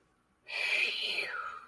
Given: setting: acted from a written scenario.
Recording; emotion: vocal sound without words; relief